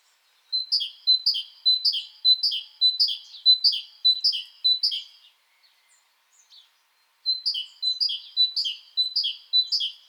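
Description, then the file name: Great tit singing a fast, even series of paired high notes, a seesawing teacher-teacher rhythm, in two strophes split by a pause of about two seconds. "Parus major"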